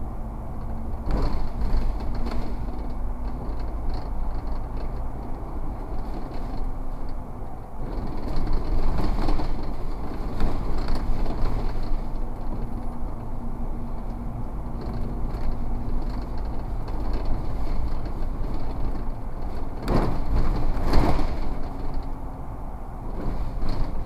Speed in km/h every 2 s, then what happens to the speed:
47, 50, 51, 53, 49, 48, 48, 50, 52, 54, 55, 53.
0-6 speeds up to 53. 6-24 steady at about 52.